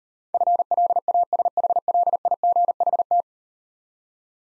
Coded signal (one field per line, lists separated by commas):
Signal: Morse code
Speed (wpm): 38 wpm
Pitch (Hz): 700 Hz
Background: none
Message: FLASHLIGHT